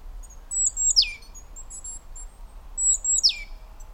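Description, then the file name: Great tit calls: two high, sharp notes, each falling steeply in pitch, about two seconds apart in a quiet setting. "Parus major"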